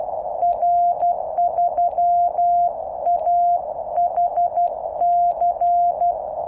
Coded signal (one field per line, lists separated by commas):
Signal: Morse code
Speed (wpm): 12 wpm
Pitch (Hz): 700 Hz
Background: none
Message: R3AHC